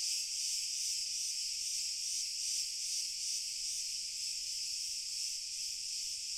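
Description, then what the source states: Crickets chirping in a thick, unbroken chorus, high and shimmering, pulses blending into a constant trill; faint low sounds underneath. Pure cricket chorus, slowly increasing in intensity.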